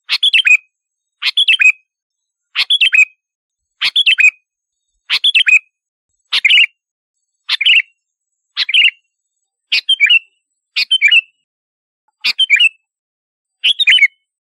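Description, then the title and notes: Sooty-headed bulbul singing a brief phrase of a few notes again and again, about every second, with little else audible. "Kicau Burung Kutilang"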